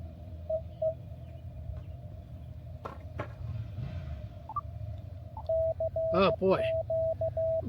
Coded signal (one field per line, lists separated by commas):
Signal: Morse code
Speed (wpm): 16 wpm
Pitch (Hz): 650 Hz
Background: speech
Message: EE CQ